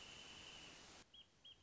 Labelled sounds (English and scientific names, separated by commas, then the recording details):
Wrentit (Chamaea fasciata)
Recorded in Sonoma County, California